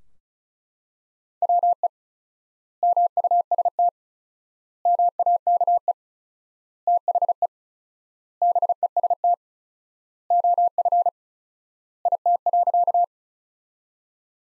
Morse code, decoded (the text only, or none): WE MUST MAKE THE BEST OF IT.